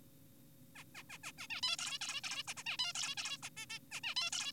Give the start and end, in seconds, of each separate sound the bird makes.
0.76-0.84, 0.95-1.03, 1.10-1.18, 1.24-1.32, 1.38-1.47, 1.50-1.61, 1.63-1.76, 1.79-1.98, 2.01-2.21, 2.24-2.43, 2.48-2.54, 2.57-2.63, 2.66-2.77, 2.79-2.93, 2.95-3.15, 3.18-3.38, 3.43-3.50, 3.57-3.66, 3.70-3.79, 3.92-4.00, 4.04-4.15, 4.16-4.30, 4.32-4.52